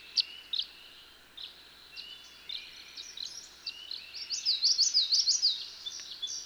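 Tree swallow chirps: soft, spaced notes over steady background hiss, then a louder rolling twitter and a few final calls.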